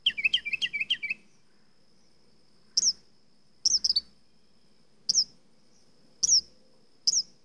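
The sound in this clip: Mockingbird song: a fast run of repeated sharp chirped notes, then single high clipped notes spaced about a second apart with a faint steady high tone between.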